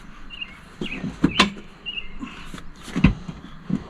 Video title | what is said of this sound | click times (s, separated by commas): 2 Up Rear Passenger Seat Install On CFMoto c1000 Overland Edition ATV | nope it didn't snap | none